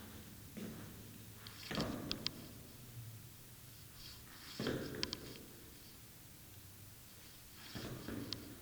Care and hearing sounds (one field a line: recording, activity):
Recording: daily activity, guitar pickup as the sensor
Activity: go downstairs